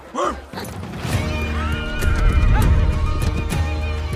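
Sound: horse neighing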